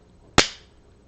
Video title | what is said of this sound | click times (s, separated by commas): LEGO Technic - Bucket Wheel Excavator - Part 4 - gears, gears, and more gears! | nice clicking sound and this gives a nice 360° range of motion here | 0.4 s